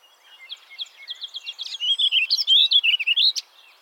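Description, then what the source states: Warbling Vireo song: a burst of thin repeated notes leading into a loud, rollicking warble that rises and falls quickly before ending abruptly. Nominate subspecies Vireo gilvus gilvus.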